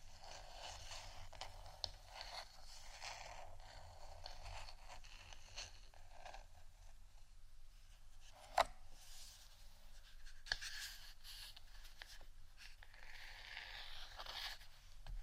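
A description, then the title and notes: Scratching goes on throughout, a dense, rasping texture of short strokes that rise and fade in rough bursts over the full fifteen seconds. The sound is mostly bright and scratchy, with a low steady rumble beneath. Sharp clicks stand out near 2, 8.5 and 10.5 seconds. ASMR Scratching Only（No Talking）.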